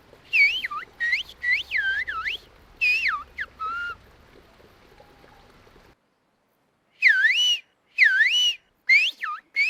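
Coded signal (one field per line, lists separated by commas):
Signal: whistled language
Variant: whistled Béarnais Occitan (Aas)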